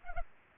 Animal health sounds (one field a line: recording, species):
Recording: mosquito wingbeat signal from an infrared sensor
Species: Culex pipiens